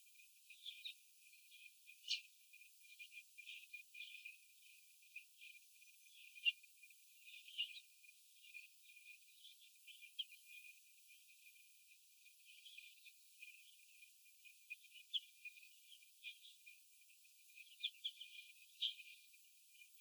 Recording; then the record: young laying hens in a cage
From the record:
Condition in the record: before the stressor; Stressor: sudden umbrella opening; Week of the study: 2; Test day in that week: 1